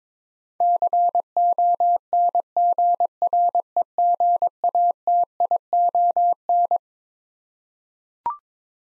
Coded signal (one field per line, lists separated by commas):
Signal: Morse code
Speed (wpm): 22 wpm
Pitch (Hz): 700 Hz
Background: none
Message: CONGREGATION